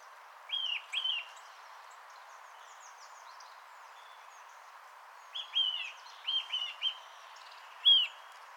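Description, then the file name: Eurasian nuthatch calling with short arched whistled notes, a pair at the start, then a scattered string of several more, somewhat faint over a soft background hiss. "Sitta europaea"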